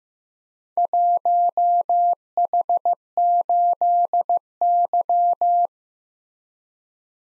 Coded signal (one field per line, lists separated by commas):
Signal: Morse code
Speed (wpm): 15 wpm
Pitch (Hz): 700 Hz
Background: none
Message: 1H8Y